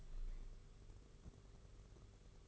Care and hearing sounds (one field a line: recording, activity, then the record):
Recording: daily activity, microphone in the room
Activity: open window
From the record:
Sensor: 4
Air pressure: 991.1 hPa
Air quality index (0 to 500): 155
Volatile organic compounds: 112 ppm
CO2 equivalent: 3830 ppm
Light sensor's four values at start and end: 6/14/5/6 and 6/14/5/6